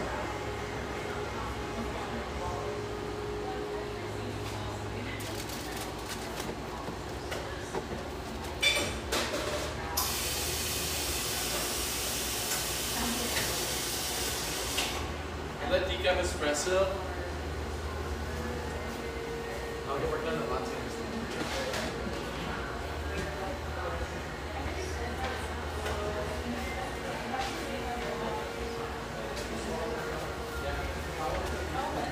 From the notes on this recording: warm, firelit café in one of America's most popular ski towns